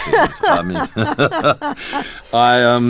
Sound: laughter

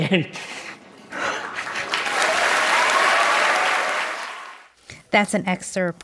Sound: applause

